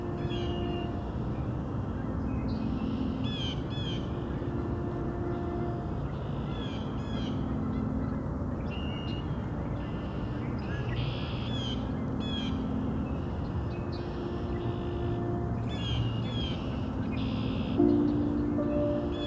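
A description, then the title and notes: Red-winged Blackbirds and other birds call repeatedly over a steady low rumble, with short bright buzzy bursts every second or two throughout. Faint tonal hums come and go underneath, and a brief sharper sound stands out near seventeen seconds. Today we visit Cootes Paradise in mid-March, and hear Red-winged Blackbirds, in addition to a number of other species. Recorded, engineered, narrated and created by Rob Porter.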